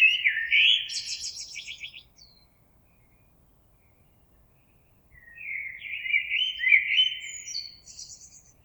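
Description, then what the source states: Common blackbird singing: a fluty warbled phrase with a chattering high tail, about three seconds of silence, then another mellow phrase ending in a faint high squeak. Recorded on 26 April 2022.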